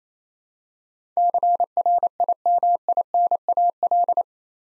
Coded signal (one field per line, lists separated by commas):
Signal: Morse code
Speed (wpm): 28 wpm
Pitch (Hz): 700 Hz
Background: none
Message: CRIMINAL